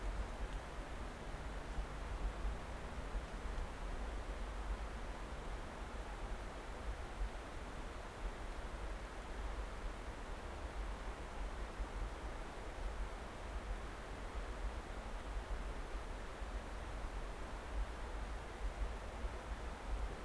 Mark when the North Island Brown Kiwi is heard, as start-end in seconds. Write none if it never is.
none